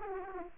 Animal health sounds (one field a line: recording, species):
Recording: mosquito wingbeat signal from an infrared sensor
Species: Aedes aegypti